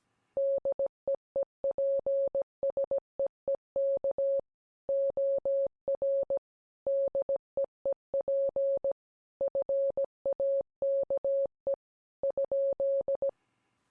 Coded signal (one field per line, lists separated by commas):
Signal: Morse code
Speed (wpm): 17 wpm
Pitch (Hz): 550 Hz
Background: none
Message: DEEPSEEK OR DEEP FAKE ?